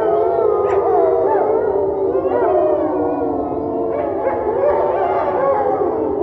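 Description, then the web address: Wolf: group howling by wolves: dense overlapping howls with wavering pitch and occasional short yips, continuous throughout. A pack of wolves. "best service Blue Box animals wolf pack"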